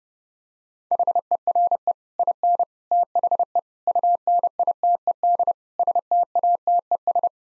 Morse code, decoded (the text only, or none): HERE IN THE UNITED STATES